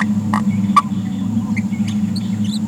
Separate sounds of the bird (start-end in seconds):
0.76-0.82, 1.56-1.60, 1.87-1.90, 2.16-2.19, 2.51-2.58